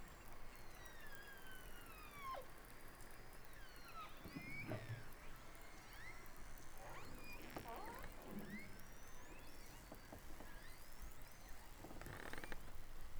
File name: Orcas